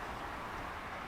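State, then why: Not seated. The fuel cooler pipe's quick-release connector is being handled onto its fuel fitting on a Land Rover Discovery 2 TD5 10P engine, after an injector seal change. Only a steady, even broadband noise with no sharp transients is heard. Nothing has seated or clicked yet.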